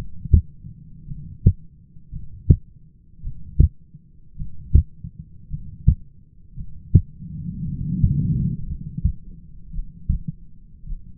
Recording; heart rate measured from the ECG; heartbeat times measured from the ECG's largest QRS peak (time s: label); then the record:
heart sounds by stethoscope; 55 bpm
1.07 s: heartbeat
2.11 s: heartbeat
3.23 s: heartbeat
4.37 s: heartbeat
5.50 s: heartbeat
6.56 s: heartbeat
7.64 s: heartbeat
8.66 s: heartbeat
9.72 s: heartbeat
10.86 s: heartbeat
From the record:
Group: heart failure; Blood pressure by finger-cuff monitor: 99/58 mmHg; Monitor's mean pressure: 71 mmHg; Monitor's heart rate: 55 bpm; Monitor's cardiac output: 6.2 L/min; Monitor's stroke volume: 115 mL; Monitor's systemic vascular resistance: 830 dyn s/cm5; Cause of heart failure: dilated cardiomyopathy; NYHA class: 2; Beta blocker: bisoprolol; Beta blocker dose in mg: 10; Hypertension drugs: sacubitril-valsartan, spironolactone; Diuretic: furosemide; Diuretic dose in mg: 40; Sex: male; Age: 29 years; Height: 174 cm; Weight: 92 kg